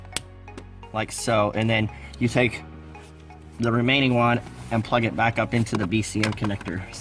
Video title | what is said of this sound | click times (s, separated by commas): 2014-2018 Toyota Corolla H-Key Plug & Play Remote Start Kit | on our harness here so you'll hear it click like so | 0.2 s